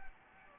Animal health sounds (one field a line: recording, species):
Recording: mosquito wingbeat signal from an infrared sensor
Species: Anopheles gambiae